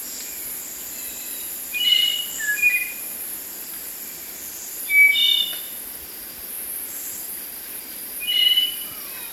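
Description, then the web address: Spotted nightingale-thrush song: short phrases of clear, fluty whistled notes, high and slightly varied, repeated about every three seconds over a steady faint hiss. Ecuador. "Natures Songs S America Birds of Ecuador. Spotted Nightingale-Thrush"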